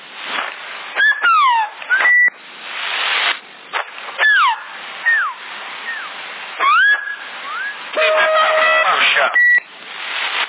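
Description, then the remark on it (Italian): Someone in Sassari, Italy, whistles over a CB radio in February 2010: short rising and falling whistled notes, clipped and tinny through the narrow channel, mixed with steady tones, beeps and a constant hiss of static. “Parla, non fischiare, se no non si capisce.”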